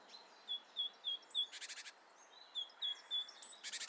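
Great tit calls: a run of short, high whistled notes, broken twice by a harsh, rapid rattling churr of four or five pulses.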